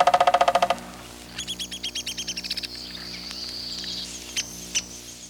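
Woodpecker calls: a short, rapid rattling burst, then a fast run of high, sharp notes, a thin high tone and a few scattered ticks.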